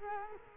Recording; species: mosquito wingbeat signal from an infrared sensor; Culex quinquefasciatus